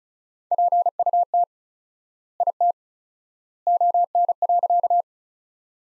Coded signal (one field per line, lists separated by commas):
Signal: Morse code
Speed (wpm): 36 wpm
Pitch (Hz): 700 Hz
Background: none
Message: PUT IT ON.